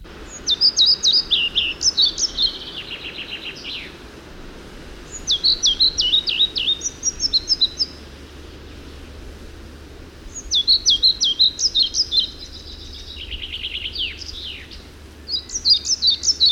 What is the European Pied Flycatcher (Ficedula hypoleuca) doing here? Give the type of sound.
song